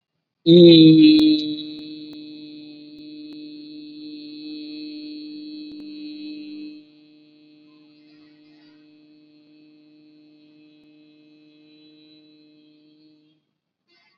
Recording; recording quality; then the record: sustained vowel as in beet; excellent, no background noise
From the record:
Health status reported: COVID-19 positive, no symptoms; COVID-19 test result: positive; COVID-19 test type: RT-PCR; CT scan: not taken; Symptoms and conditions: sore throat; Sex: male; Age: 18 years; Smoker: no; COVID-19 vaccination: one dose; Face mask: worn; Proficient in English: no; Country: India